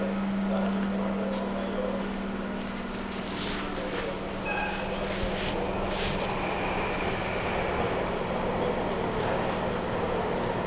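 Waiting on a station platform for a train, then boarding. A steady low hum runs throughout at an even loudness, with faint voices and brief clanks and clicks scattered over it, plus a thin high tone appearing midway.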